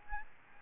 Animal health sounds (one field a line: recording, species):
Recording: mosquito wingbeat signal from an infrared sensor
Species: Aedes albopictus